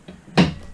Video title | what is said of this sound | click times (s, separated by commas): NuCanoe Flint COMPLAINTS | and fish behind you beautiful thing seat seat locks in place everything's good okay | 0.4 s